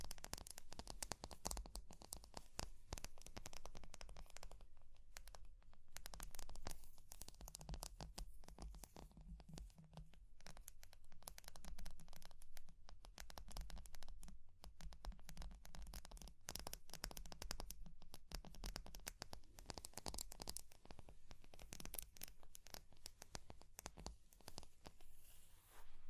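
A fire crackles throughout, with dense, irregular pops and snaps scattered across all 26 seconds, sometimes clustering into quick bursts. Beneath the crackle runs a low, steady rumble, and crisp scratching and tearing sounds mix in, with a slightly quieter stretch around the five-second mark.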